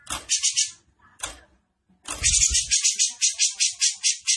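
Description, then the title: Grey-cheeked bulbul with two short harsh bursts, a pause, then a long rapid rattling chatter of buzzy pulses to the end. Bird singing actively (gacor) in the besetan style, with clear voice. "Cucak Jenggot Besetan Gacor. Cucak Jenggot Besetan Terbaik Dengan Suara Jernih"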